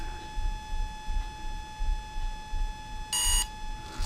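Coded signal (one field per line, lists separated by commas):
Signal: beep code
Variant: Volcano 30A ESC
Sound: steady whine throughout, then one short harsh beep near the end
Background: steady electronic whine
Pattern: 1 short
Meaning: One beep selects the low cut-off threshold option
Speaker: so the cut-off threshold for low cut off threshold is one beep i'm gonna wait till it has one beep then i'll raise it back to the top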